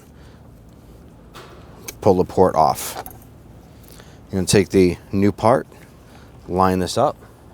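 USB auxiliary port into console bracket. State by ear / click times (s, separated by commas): not seated / none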